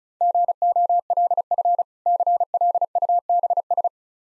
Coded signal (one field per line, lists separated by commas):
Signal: Morse code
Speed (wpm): 36 wpm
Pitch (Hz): 700 Hz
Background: none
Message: GOLF CLUBS